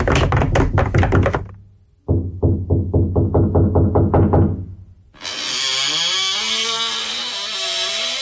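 Loud, rapid knocking on a door with full force, on the Polish Radio Program Three (Trójka), in two runs: a quick burst of about eight heavy raps, then a longer, accelerating series, followed by a steady, harsh mechanical buzz like a power tool running.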